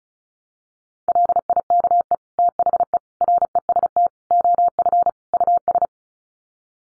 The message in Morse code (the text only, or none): LIKE THE REST OF US